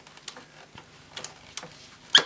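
A plastic handle tube is pushed into the end socket of a Bissell Magic Broom stick vacuum body, making several faint, light ticks and taps. A loud, sharp click follows at 2.2 s as the handle seats into the body.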